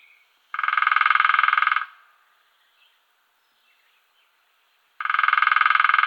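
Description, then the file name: Lesser spotted woodpecker drumming: a sustained fast roll of taps lasting over a second, then silence, then another roll starting. "Kleinspecht"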